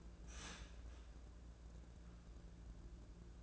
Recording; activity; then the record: daily activity, microphone in the room; start toaster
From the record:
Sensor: 2